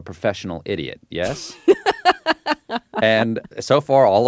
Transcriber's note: soundbite of laughter